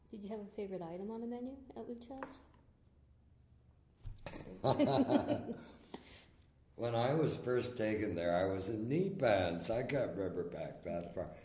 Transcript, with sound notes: Did you have a favorite item on the menu at Lüchow’s?.
[Laughs] When I was first taken there I was in knee pants. I can’t remember back that far.